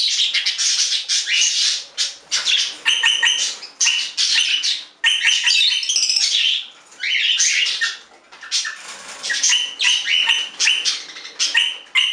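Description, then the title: Budgerigar squawks and chatter: loud, harsh, high scratchy bursts repeating almost without pause, with brief gaps. "Budgie Sounds"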